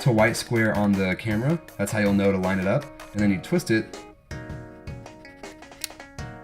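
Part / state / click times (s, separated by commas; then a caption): interchangeable lens into DSLR camera body mount / seated / 5.8 s. An interchangeable lens is lined up white square to white square on a Canon Rebel T7i DSLR body and twisted into the mount while someone talks over background music. A sharp click at 5.8 s marks the lens bayonet locking, so the lens is seated.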